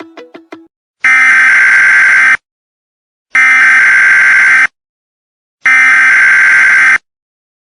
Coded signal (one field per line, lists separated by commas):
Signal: Emergency Alert System (SAME) tones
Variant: header bursts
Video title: EAS Scenario #9 - Return of the Bubonic Plague